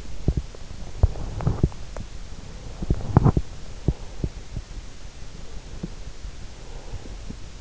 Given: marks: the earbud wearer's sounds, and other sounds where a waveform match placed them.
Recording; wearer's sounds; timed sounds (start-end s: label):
sounds in sleep by an in-ear microphone; teeth grinding, breath
0.00-1.95 s: teeth grinding
2.47-4.47 s: breath
2.66-4.47 s: teeth grinding
5.18-7.55 s: breath